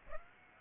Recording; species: mosquito wingbeat signal from an infrared sensor; Aedes aegypti